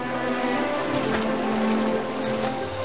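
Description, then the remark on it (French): Water sloshes and splashes steadily as a man swims around a boat on a hot day, looking for a way to climb aboard, with a few sharper splashes breaking through over a constant low tonal hum. No one speaks. “Robinson fait le tour du bateau à la nage.”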